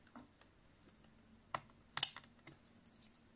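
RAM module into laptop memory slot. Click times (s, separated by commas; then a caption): 2.0 s. A Samsung memory module is put back into the first memory slot of a laptop, as it was from the factory, and pressed down until the side latches catch. After a faint tap at 1.5 s, a sharp double click at 2.0 s and 2.0 s marks the module seating, followed by softer ticks at about 2.2 s and 2.5 s. The module is seated and latched in the slot.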